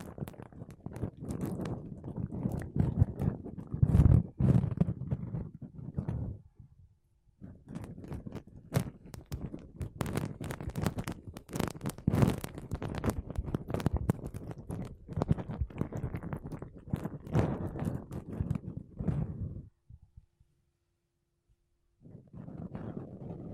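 Makeup brushes and a sponge rub and sweep across a microphone in dense, scratchy, low-heavy strokes that run almost continuously. The brushing stops briefly near 6–7 seconds, then continues until about 20 seconds, falls silent, and resumes softly near the end.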